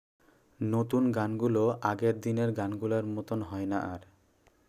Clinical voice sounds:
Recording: elicited speech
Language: Bengali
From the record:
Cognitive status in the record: cognitively healthy

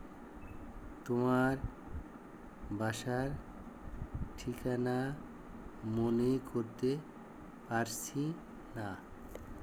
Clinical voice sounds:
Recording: elicited speech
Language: Bengali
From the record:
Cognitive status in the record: dementia

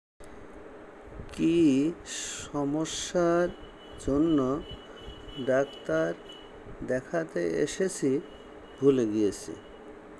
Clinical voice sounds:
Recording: elicited speech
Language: Bengali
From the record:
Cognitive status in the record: dementia

